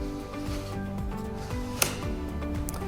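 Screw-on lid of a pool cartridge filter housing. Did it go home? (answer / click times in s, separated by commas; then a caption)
yes / 1.8 s. A screw-on lid of a pool cartridge filter housing is turned until it drops into its locking position. A sharp click is heard at 1.8 seconds over steady background music, and the lid is locked in place.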